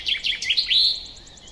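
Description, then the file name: Common chaffinch song fragment: a few quick dropping notes leading into a brief, bright terminal flourish, then fading. "Fringilla coelebs"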